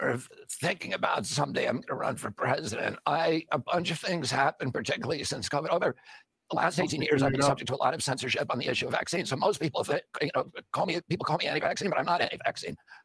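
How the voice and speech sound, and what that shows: Strained, creaky, gravelly adult man's voice with tight, effortful phrasing: spasmodic dysphonia (spasmodic dystonia), a neurological disorder caused by an injury in 1996 at age 42, in which nerve signals tell the vocal cords to tighten constantly. The vocal cords themselves are not injured, the voice does not wear out with use, and surgery has made it more reliable.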